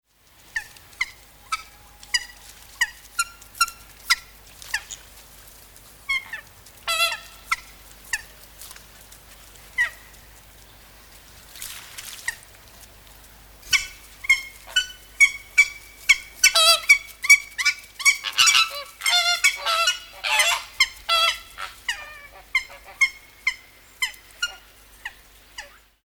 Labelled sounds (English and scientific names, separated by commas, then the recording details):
Hawaiian Goose (Branta sandvicensis)
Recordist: Tembrock, Günter
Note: Rufe eines Paares